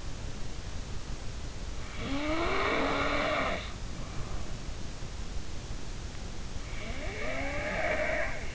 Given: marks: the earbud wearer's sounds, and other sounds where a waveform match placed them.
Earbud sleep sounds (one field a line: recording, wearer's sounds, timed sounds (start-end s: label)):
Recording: sounds in sleep by an in-ear microphone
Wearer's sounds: snoring breath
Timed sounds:
1.79-4.75 s: snoring breath
6.73-8.55 s: snoring breath